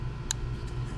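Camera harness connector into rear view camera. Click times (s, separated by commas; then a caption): 0.3 s. The wiring harness connector is pushed into the plug of a replacement rear view camera on a 2010–2014 Ford F-150, giving a short sharp click at 0.3 s over a steady low hum. The connector is seated, and it is given a test pull to make sure it does not come off.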